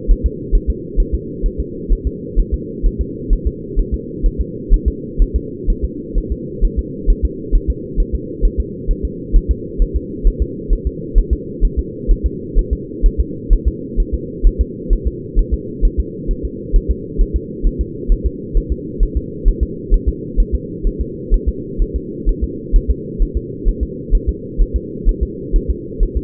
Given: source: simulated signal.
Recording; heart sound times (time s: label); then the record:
fetal heart sounds
0.11 s: S1
0.26 s: S2
0.55 s: S1
0.70 s: S2
1.00 s: S1
1.14 s: S2
1.46 s: S1
1.60 s: S2
1.93 s: S1
2.07 s: S2
2.39 s: S1
2.54 s: S2
2.86 s: S1
3.01 s: S2
3.33 s: S1
3.47 s: S2
3.79 s: S1
3.94 s: S2
4.26 s: S1
4.41 s: S2
4.74 s: S1
4.88 s: S2
5.22 s: S1
5.36 s: S2
5.70 s: S1
5.84 s: S2
6.18 s: S1
6.32 s: S2
6.65 s: S1
6.79 s: S2
7.10 s: S1
7.25 s: S2
7.55 s: S1
7.70 s: S2
8.00 s: S1
8.15 s: S2
8.45 s: S1
8.60 s: S2
8.91 s: S1
9.05 s: S2
9.36 s: S1
9.51 s: S2
9.82 s: S1
9.96 s: S2
10.27 s: S1
10.42 s: S2
10.73 s: S1
10.87 s: S2
11.18 s: S1
11.33 s: S2
11.65 s: S1
11.79 s: S2
12.11 s: S1
12.26 s: S2
12.59 s: S1
12.73 s: S2
13.06 s: S1
13.20 s: S2
13.53 s: S1
13.68 s: S2
14.00 s: S1
14.15 s: S2
14.47 s: S1
14.61 s: S2
14.93 s: S1
15.07 s: S2
15.39 s: S1
15.54 s: S2
15.85 s: S1
16.00 s: S2
16.31 s: S1
16.45 s: S2
16.76 s: S1
16.91 s: S2
17.21 s: S1
17.36 s: S2
17.67 s: S1
17.81 s: S2
18.12 s: S1
18.26 s: S2
18.57 s: S1
18.72 s: S2
19.03 s: S1
19.17 s: S2
19.48 s: S1
19.63 s: S2
19.94 s: S1
20.09 s: S2
20.40 s: S1
20.55 s: S2
20.87 s: S1
21.01 s: S2
21.34 s: S1
21.49 s: S2
21.82 s: S1
21.96 s: S2
22.29 s: S1
22.44 s: S2
22.76 s: S1
22.91 s: S2
23.22 s: S1
23.37 s: S2
23.68 s: S1
23.83 s: S2
24.15 s: S1
24.29 s: S2
24.61 s: S1
24.76 s: S2
25.09 s: S1
25.23 s: S2
25.56 s: S1
25.70 s: S2
26.03 s: S1
26.17 s: S2
From the record:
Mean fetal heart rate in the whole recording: 130 bpm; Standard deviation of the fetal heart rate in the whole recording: 4 bpm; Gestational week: 38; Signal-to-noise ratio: -4.1 dB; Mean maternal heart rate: no maternal heart sound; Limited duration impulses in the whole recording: absent